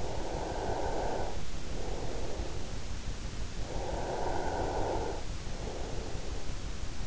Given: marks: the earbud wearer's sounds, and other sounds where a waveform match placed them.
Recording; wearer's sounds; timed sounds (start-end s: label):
sounds in sleep by an in-ear microphone; breath
0.00-2.59 s: breath
3.65-6.32 s: breath